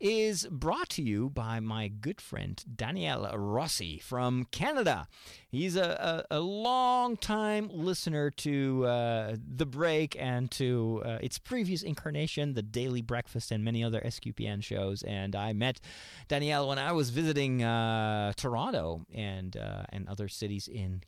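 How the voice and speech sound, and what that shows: A man speaks in a steady, low-pitched voice, giving a sponsor introduction at an easy conversational pace with only brief pauses. There are a couple of lightly drawn-out sounds but no blocks or repetitions: ordinary fluent speech.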